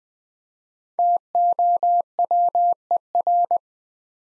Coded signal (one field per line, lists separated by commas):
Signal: Morse code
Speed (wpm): 21 wpm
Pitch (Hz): 700 Hz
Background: none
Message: TOWER